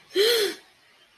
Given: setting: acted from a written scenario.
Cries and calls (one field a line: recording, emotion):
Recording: vocal sound without words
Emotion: fear